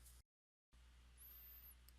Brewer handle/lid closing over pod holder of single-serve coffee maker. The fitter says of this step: you'll hear it click and you're ready to go okay